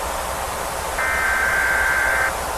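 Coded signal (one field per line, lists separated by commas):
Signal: Emergency Alert System (SAME) tones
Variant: header bursts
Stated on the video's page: Fictional analog-horror EAS scenario with valid EAS tones, made with Capcut, Pixilr, eSpeak and Audacity.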